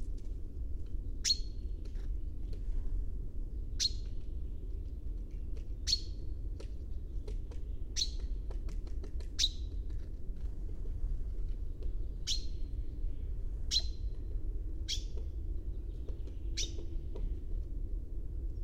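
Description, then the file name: Common chaffinch repeating a short, sharp, high call note every one to three seconds, over low steady rumbling noise. "Fringilla coelebs"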